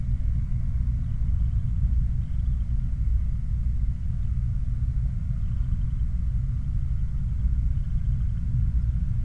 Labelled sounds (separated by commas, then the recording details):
machinery, flare stack
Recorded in the Prudhoe Bay oil fields, Alaska, on 8 July 2019 at 06:56
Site 29